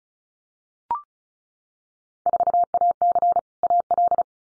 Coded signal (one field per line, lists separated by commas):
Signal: Morse code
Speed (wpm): 36 wpm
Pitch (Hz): 700 Hz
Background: none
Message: 4AC AL